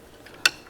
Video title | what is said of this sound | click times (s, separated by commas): How To Replace Front Shock & Spring Assembly Assembly 2007-2014 Cadillac Escalade | line back up on the new piece and the little tabs snap right into place | 0.5 s